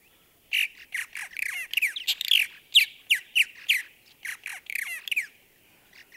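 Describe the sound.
Purple martin song: a busy run of gurgling, chirping notes with quick downslurred squeaks, delivered in rapid bursts over about five seconds.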